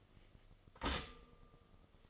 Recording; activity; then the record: daily activity, microphone in the room; stop toaster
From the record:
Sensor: 4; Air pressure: 1015.5 hPa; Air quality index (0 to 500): 196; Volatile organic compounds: 9 ppm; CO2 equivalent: 2185 ppm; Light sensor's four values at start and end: 4/9/3/3 and 4/9/3/3